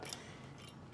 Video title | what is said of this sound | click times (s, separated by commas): Cylinder Head Service - Installing the Valves and Springs | I push down on them as I compress the spring they pop into place and I let that up | 0.1 s